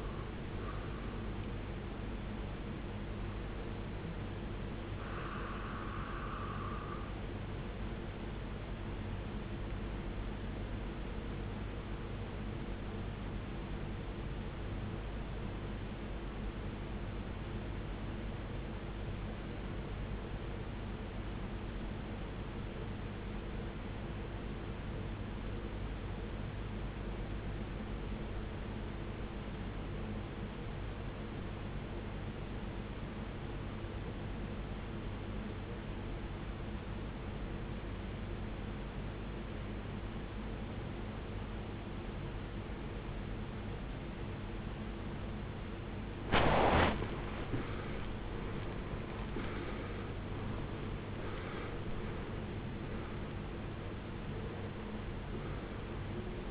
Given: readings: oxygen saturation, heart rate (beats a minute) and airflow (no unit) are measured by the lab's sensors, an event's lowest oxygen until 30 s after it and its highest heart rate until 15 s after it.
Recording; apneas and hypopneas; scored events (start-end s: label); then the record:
breathing in sleep by a voice recorder at the bedside; 1
13.00-45.40 s: obstructive apnea (REM, oxygen 93% highest, then 79% lowest, heart rate 63 at the start, 83 highest)
From the record:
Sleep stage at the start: REM sleep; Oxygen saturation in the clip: 80 to 93%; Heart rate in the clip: 42 to 89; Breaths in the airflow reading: 7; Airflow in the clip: -20.7 to 18.8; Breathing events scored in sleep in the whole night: 389 in 6.3 hours asleep